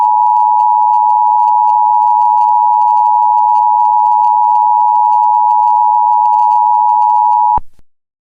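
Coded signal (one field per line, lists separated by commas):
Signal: Emergency Alert System (SAME) tones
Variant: 853 and 960 Hz attention tone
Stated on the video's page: Fictional EAS scenario using real EAS alert sounds.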